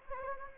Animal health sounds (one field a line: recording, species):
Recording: mosquito wingbeat signal from an infrared sensor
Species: Anopheles gambiae